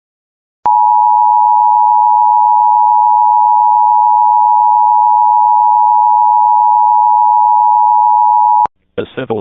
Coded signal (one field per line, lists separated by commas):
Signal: Emergency Alert System (SAME) tones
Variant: 853 and 960 Hz attention tone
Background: speech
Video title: 100 EAS CATCHES!!!!! Arizona 911 Telephone Outage Emergency for cell coverage challenges (EAS 100)